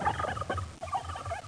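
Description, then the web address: Turkey gobbling in a rapid, rattling burst of throaty notes, two quick runs over about a second and a half, with a low rumble beneath. "Classic Fond 38. TURKEY"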